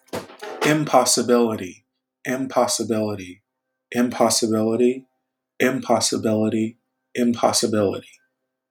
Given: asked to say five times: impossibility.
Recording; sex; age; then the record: repeated word; male; 30 to 39 years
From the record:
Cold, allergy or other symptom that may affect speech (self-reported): no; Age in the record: 30 years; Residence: Georgia, United States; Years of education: 14